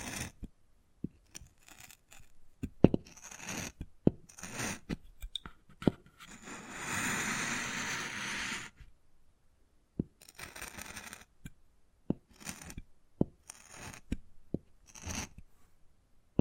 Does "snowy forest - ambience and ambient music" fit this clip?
no